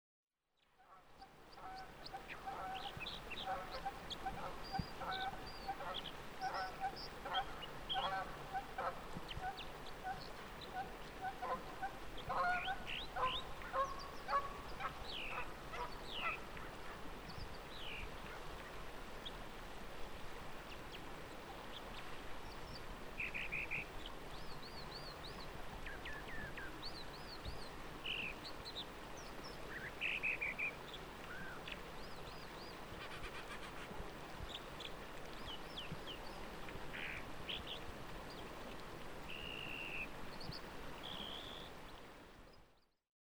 In a quiet moment along the Firehole River, an American dipper sings along with some honking Canada geese.